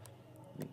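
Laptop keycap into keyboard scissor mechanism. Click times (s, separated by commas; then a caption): 0.1 s, 0.6 s. A laptop keycap is lined up on its keyboard scissor clip and slid so its lower part locks into place. Two sharp, bright clicks are heard at 0.1 s and 0.6 s, with a fainter tick around 0.4 s in between. The key slides and locks into its clip, confirmed as locked.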